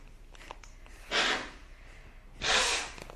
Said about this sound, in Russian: Поднимаемся. Бхастрику дышим, поехали.